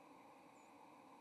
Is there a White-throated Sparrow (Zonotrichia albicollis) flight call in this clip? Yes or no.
yes